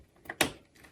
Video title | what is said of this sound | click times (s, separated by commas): FINALLY upgrading my 7 year old PC... - BTTR Network | that is like so and wait for the click and that's | 0.4 s